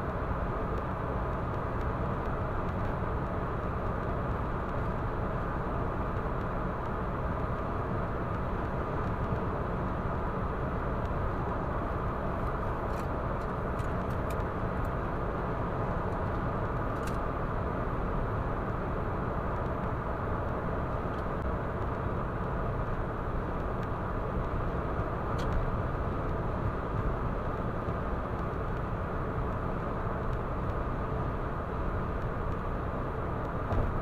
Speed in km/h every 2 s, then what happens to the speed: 118, 118, 118, 118, 118, 118, 117, 117, 117, 117, 117, 117, 117, 117, 117, 117, 117.
0-34 steady at about 117.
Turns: none.